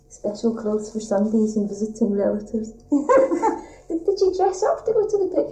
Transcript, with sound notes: Special clothes for Sundays and visiting relatives. [laughs] Did you dress up for going to the pictures?